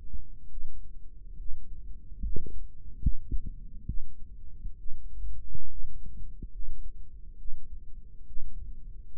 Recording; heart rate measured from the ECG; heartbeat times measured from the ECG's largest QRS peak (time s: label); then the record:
heart sounds by microphone in the right ear; 69 bpm
0.49 s: heartbeat
1.37 s: heartbeat
2.21 s: heartbeat
3.00 s: heartbeat
3.86 s: heartbeat
4.77 s: heartbeat
5.68 s: heartbeat
6.50 s: heartbeat
7.37 s: heartbeat
8.25 s: heartbeat
9.17 s: heartbeat
From the record:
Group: healthy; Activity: rest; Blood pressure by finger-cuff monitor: 118/61 mmHg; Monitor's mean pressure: 80 mmHg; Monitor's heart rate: 69 bpm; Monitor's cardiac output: 6.6 L/min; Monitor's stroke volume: 94 mL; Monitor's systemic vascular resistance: 860 dyn s/cm5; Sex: female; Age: 22 years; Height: 160 cm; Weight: 63 kg